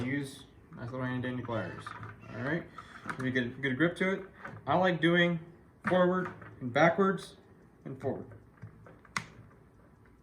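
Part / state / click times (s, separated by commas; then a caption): hose adapter into bucket wall / seated / 9.2 s. A plastic hose-to-bucket adapter is gripped with pliers and rotated back and forth in the bucket wall while someone talks. A sharp click at 9.2 s marks the adapter seating into place, with its little flange showing.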